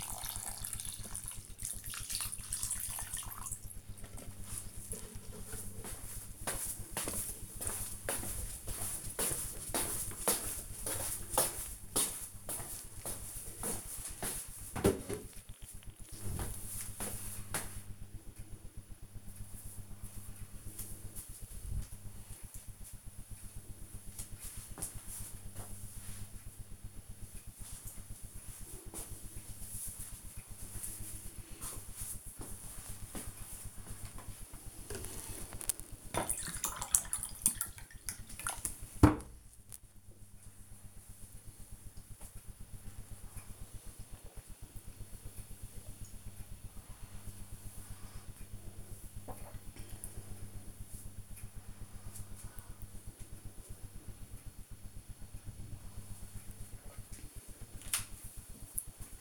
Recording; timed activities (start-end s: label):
household activities, microphone on the right wrist
0.00-3.46 s: watering plant
33.63-59.21 s: drinking